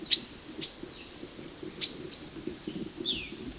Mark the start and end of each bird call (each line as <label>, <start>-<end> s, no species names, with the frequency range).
bird call (1.5-8.3 kHz), 0.58-1.21 s
bird call (1.9-8.6 kHz), 1.81-2.06 s
bird call (1.8-5.0 kHz), 2.86-3.34 s